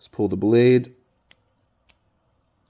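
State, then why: Seated. Someone talks briefly, then pulls the blade of an automatic knife that had come off its track. A single sharp metal click at 1.3 seconds marks the blade seating back onto the knife's firing track and re-engaging its internal mechanism. A fainter tick follows near 1.9 seconds.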